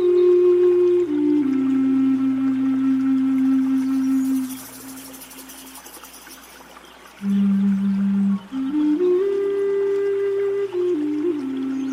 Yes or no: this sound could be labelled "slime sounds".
no